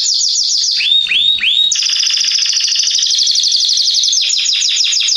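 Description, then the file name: Canary song: high trills interrupted by three swooping upward notes, followed by a sustained rolling trill and faster chatter near the end. "Canary Voice"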